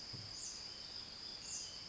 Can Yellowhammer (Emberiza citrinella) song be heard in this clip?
no